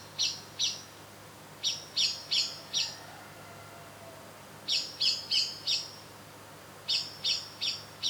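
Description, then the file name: Common blackbird calling with sharp, high notes in bursts of two to four, steady and fairly quick, with short pauses. "Turdus merula"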